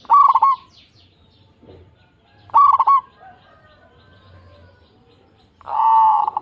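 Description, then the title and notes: Zebra dove song: two short coo phrases, then a longer sustained note at the end. Local zebra dove with a loud, clear, crystal-like voice, singing eagerly. "PERKUTUT LOKAL GACOR Suara KRISTAL LANTANG. Kicau Burung Perkutut"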